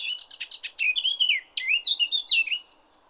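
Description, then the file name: Eurasian blackcap song, a quick chattering warble that gives way to clear, fluty, sliding whistles in two bursts. "Sylvia atricapilla"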